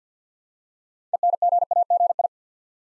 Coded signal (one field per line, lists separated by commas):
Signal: Morse code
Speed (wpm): 50 wpm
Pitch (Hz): 700 Hz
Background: none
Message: ENGAGI